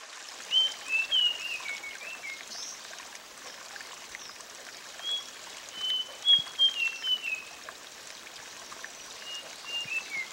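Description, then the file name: Sulingan bird song: clear whistled phrases, some sliding downward, given in short bursts over steady rushing flowing water. With flowing water. "terapi air mengalir burung sulingan"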